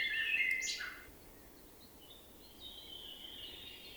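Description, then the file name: Common blackbird: brief mellow warbled phrase with a squeaky upward flourish in the first second, then only faint, thin high notes over steady background hiss. "Turdus merula"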